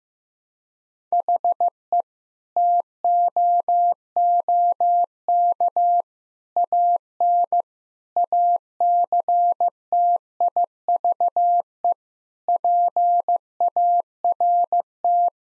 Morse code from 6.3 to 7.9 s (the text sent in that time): AN